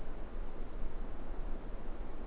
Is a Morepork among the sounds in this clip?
no